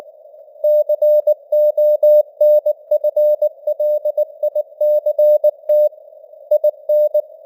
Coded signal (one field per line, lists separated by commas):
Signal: Morse code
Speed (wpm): 19 wpm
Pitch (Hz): 600 Hz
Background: none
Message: CONFLICT IN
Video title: Morse Code News | 2026-01-02 | 19wpm